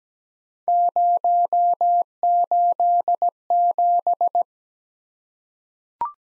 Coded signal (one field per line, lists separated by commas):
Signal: Morse code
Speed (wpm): 17 wpm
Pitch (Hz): 700 Hz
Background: none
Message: 087